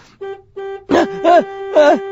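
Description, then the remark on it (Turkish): Car horns honk in traffic at a traffic light that has turned green: two steady, mid-pitched blasts, then three louder, harsher honks over a sustained tone, all in quick succession with no talking. “Neden korna çalıyorlar ki? Trafik lambası yeşiliyormuş.”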